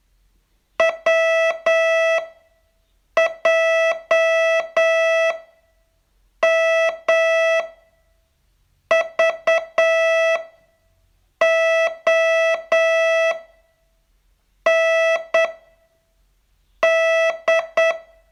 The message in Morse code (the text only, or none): WJMVOND